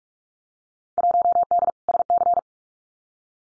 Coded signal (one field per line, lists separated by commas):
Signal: Morse code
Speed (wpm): 46 wpm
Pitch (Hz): 700 Hz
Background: none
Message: 1D SC